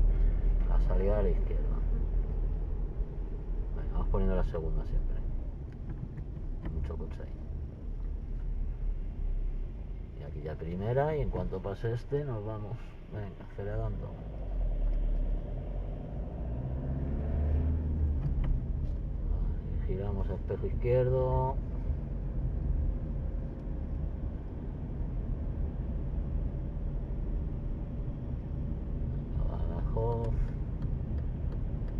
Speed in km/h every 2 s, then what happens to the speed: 29, 31, 33, 33, 29, 20, 16, 11, 0, 7, 19, 21, 21, 25, 26, 27.
0-7 steady at about 31. 7-16 brakes to 0. 17-32 pulls away to 27.